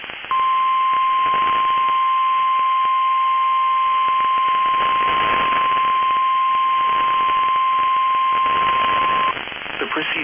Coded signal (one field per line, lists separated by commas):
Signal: Emergency Alert System (SAME) tones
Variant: 1050 Hz attention tone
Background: speech